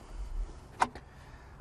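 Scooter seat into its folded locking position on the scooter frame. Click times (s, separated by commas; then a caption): 0.8 s. The seat of a Luggie lightweight folding mobility scooter is dropped back down and the frame lifted, locking into its folded position on the scooter frame. A sharp click sounds at 0.8 s, followed by a fainter tick just after, over a low background rumble. The scooter is seated in its compact folded state.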